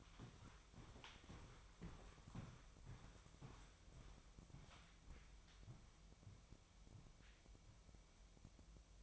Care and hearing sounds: daily activity, microphone in the room; walk to room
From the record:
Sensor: 1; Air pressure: 999.4 hPa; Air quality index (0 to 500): 197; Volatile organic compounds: 39 ppm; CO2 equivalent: 3128 ppm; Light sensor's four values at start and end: 9/23/9/9 and 10/24/9/10

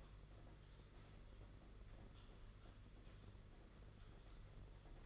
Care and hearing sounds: daily activity, microphone in the room; typing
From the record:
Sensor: 4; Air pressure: 992.6 hPa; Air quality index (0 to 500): 137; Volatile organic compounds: 62 ppm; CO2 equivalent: 3435 ppm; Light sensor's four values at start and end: 19/66/24/25 and 19/66/24/25

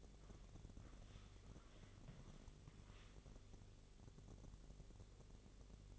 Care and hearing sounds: daily activity, microphone in the room; walk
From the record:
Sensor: 4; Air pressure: 1001.3 hPa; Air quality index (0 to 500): 172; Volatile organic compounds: 2 ppm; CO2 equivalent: 1237 ppm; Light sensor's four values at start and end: 14/32/13/13 and 14/32/13/13

